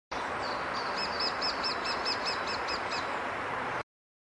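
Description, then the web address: Lesser spotted woodpecker call: a rapid series of many thin, high, even notes, heard over steady loud hiss. Recorded at Zakole Wawerskie, Warsaw, Poland. "zakole-wawerskie dzieciolek"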